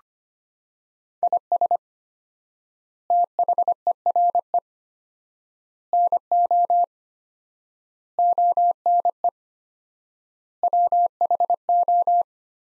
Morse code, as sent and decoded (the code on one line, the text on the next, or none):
.. ... / - .... . .-. . / -. --- / --- -. . / .-- .... ---
IS THERE NO ONE WHO